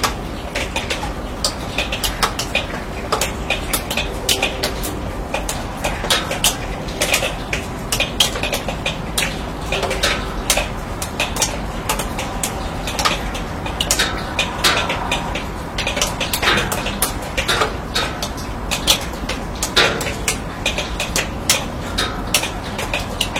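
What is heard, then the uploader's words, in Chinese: Rain drips onto a steel roof in a steady, dense patter of sharp metallic taps, some louder drops ringing out irregularly throughout. 乡村晨雨【一小时纯音】- 在迷雾中被雨水唤醒的清晨、倾听远方鸟鸣。雨水滴落在钢铁顶棚。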